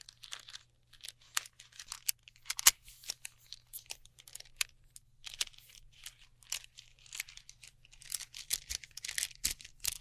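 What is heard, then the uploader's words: Sticky tape and crinkly materials are handled in quick bursts of sharp crackling, tearing and snapping, irregular and bright, growing busier toward the end. A low, steady hum runs underneath the whole time. ASMR Neon Triggers（no Talking）. Sticky Tape.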